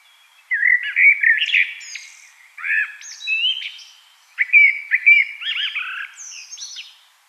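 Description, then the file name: Common blackbird song: three mellow, fluted warbling phrases, each ending in a higher squeaky twitter, with short pauses between them. "Turdus merula"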